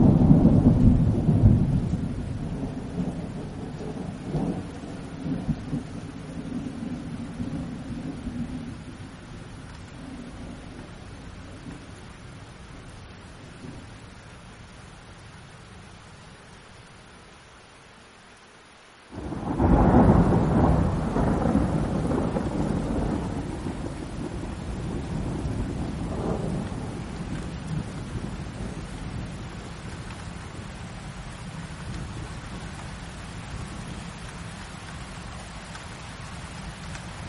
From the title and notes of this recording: Heavy Thunderstorm Sounds _ Thunder & Lightning _ Relaxing Rain.